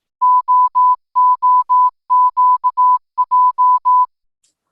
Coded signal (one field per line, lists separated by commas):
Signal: Morse code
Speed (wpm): 17 wpm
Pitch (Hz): 1000 Hz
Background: none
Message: OOQJ